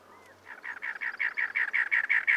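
Cactus wren song: a steady series of rough, scratchy chattering notes that grow louder toward the end, repeated several times a second.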